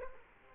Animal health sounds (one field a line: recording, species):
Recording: mosquito wingbeat signal from an infrared sensor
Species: Culex quinquefasciatus